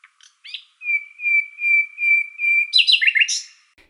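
Common Nightingale song: a row of loud, evenly repeated whistled notes, then a quick burst of varied, rising chattering phrases.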